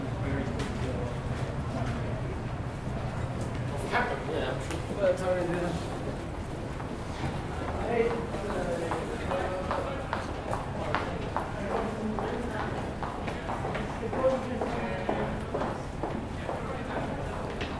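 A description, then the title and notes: Footsteps echo through a stone archway, sharp regular clicks arriving every second or so, with snatches of passing conversation drifting in and out. Beneath them a steady low hum of air conditioning fills the space throughout, never changing. UCL Soundscapes: Malet Place archway. In stereo on Zoom H4N with windscreen. Footsteps, brief moments of conversations and the hum of air conditioning in the background. Field recording from the archway in Malet Place.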